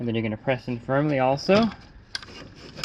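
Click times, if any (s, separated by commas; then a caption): 2.2 s. Someone talks, then a plastic pole adapter slid into the back of a Jacuzzi JPV300 cordless rechargeable battery-operated pool and spa vacuum is pressed in firmly. It snaps in with a sharp click at 2.2 s, seating the adapter in the cleaner.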